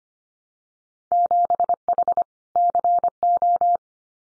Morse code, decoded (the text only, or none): 7H CO